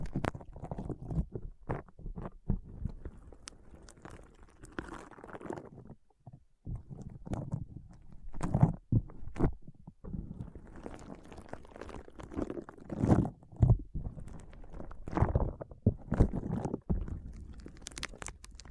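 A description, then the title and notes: Foam being squeezed and rubbed in an ASMR brain massage, a dense run of soft, low crackling and muffled squishing. Sharp brighter pops and scratches cut through often, with brief near-silent pauses around 6 and 10 seconds. ASMR Powerful Foam Brain Massage.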